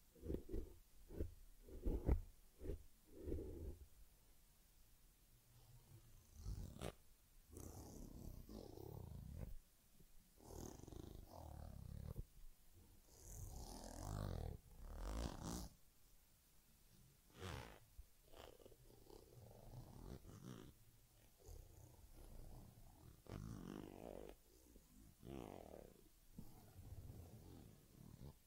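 Grooming a pet named Teddy, with soft rubbing and brushing strokes coming in irregular bursts throughout. Low rumbling purr-like sounds sit underneath, and sharper scratchy swipes of combing stand out around six, fourteen and eighteen seconds.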